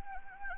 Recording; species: mosquito wingbeat signal from an infrared sensor; Anopheles gambiae